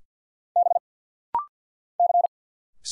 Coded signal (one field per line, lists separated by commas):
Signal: Morse code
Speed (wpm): 50 wpm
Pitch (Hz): 700 Hz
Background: none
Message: B C